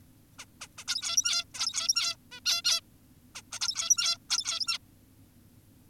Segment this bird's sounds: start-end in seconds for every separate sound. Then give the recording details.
0.39-0.45, 0.61-0.68, 0.78-0.84, 0.88-1.45, 1.54-2.16, 2.32-2.40, 2.46-2.62, 2.65-2.81, 3.35-3.42, 3.52-3.59, 3.61-4.18, 4.30-4.78. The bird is an adult. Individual g17y2U